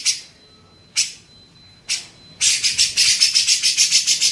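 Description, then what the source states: Grey-cheeked bulbul giving three separate harsh, raspy notes about a second apart, then breaking into a fast run of buzzy chattering pulses. Masteran training recording for songbirds.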